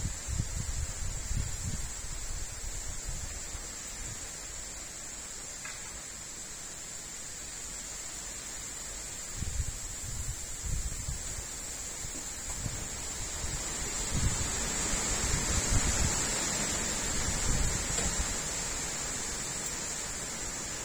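Wind moves through the trees of an enclosed courtyard, a steady soft rush of leaves with low gusty rumbles rising and falling every few seconds, strongest near the start and again around fifteen to seventeen seconds. A thin, constant high whine sits above it throughout.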